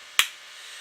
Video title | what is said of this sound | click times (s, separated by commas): BP INSTRUCTION 1 | hear the nice click and you get a great locking system again you see that listen to the click you | 0.2 s